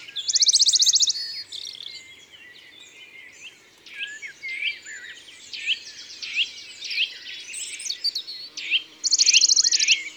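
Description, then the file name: Western Bonelli's warbler song: a dry, very high, rapid trill lasting about a second, repeated near the end, with other birds chirping and whistling in between. "Pouillot de Bonelli ABC des chants doiseaux"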